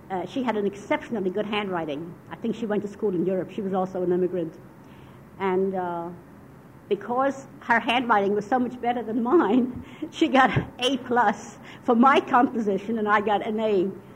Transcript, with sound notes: she had an exceptionally good handwriting, I think she went to school in Europe, she was also an immigrant, because her handwriting was so much better than mine (she laughs) she got A+ for my composition, and I an A.